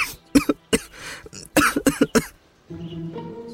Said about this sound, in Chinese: 熟悉的声音从庞琦身后冒出来，唐范一口豆浆差点呛入鼻子，不由得连连咳嗽。